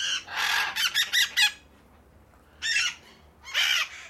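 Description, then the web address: Parakeets giving harsh, raspy screeches: a long burst of rapid grating calls, then two separate loud squawks after a pause. Several parakeets, described as angry. "the sound pack tree. angry parakeets"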